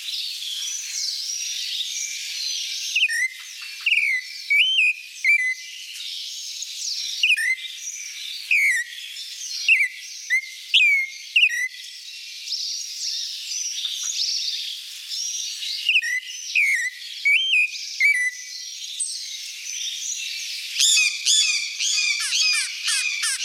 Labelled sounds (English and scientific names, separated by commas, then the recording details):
Clay-colored Thrush (Turdus grayi) song
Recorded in the wild
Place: La Pacifica, San José, Umgebung Hotel, CR
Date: 1992-04-13
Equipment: Dat-Recorder Casio DA 7, Telinga DAT, Telinga-Parabolspiegel
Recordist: Schwarz, Dieter